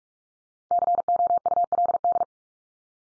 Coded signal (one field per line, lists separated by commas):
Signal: Morse code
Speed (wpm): 44 wpm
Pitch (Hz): 700 Hz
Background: none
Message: COULD